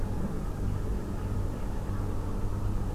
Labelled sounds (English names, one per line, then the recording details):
none
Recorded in France